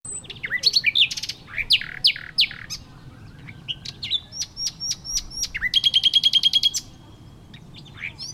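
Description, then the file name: Common nightingale song of varied phrases: rich slurred notes, scattered sharp clicks, and a rapid machine-gun-like series of repeated high notes, with quieter gaps between phrases. "Luscinia megarhynchos"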